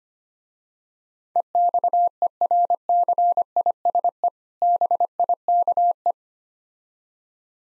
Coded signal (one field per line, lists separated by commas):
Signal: Morse code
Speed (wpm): 25 wpm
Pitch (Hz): 700 Hz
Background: none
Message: EXERCISE BIKE